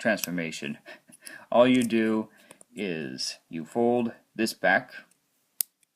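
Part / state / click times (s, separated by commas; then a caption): folding plastic body section of a small transforming toy figure clicking into its folded position / seated / 5.6 s. Someone talks while transforming a small plastic Transformers Siege Micromasters Laserbeak robot toy in bird mode, folding a plastic body section back. A sharp, short click at 5.6 s marks the joint clicking into its folded position, and a much fainter tick follows at 5.8 s.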